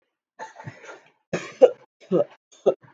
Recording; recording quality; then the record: heavy voluntary cough; poor, much background noise or distortion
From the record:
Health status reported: COVID-19 positive, mild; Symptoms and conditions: cough, cold, breathing difficulty, fever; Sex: male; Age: 23 years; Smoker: not ticked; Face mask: not worn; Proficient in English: yes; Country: India